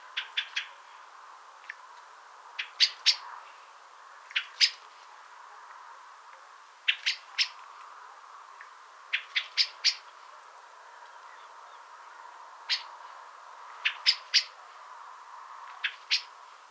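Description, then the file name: Common blackbird calling with hard, metallic chinks, delivered singly or in short irregular clusters of up to four notes spread across the whole stretch, over faint background noise. "Turdus merula"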